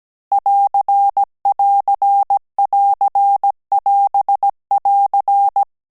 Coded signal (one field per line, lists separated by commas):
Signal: Morse code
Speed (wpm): 17 wpm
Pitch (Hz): 800 Hz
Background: none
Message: <AR><AR><AR><AS><AR>